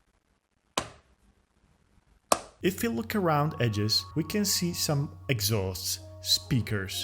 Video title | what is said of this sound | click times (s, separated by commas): Lenovo ThinkPad X1 Fold - Foldable PC Review - One Year Later | But that also means some very satisfying click sounds. | 0.8 s, 2.3 s